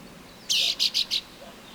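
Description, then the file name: Common chaffinch call: a single quick burst of four sharp, high-pitched notes against a quiet background. "Fringilla coelebs"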